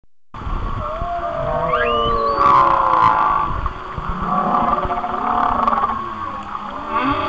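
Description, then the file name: Whale song begins after a short silence with rising whistled sweeps, then long wavering moans and layered tonal cries that swell and fade. "Whale Songs- Mike Mc Donald"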